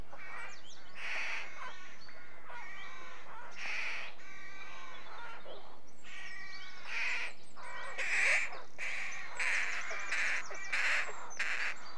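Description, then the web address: Rooks cawing at a colony, irregular harsh calls at first, then a louder run of raspy caws roughly every second. Rookery with nests. "BBC Sound Effects Library. Rookery"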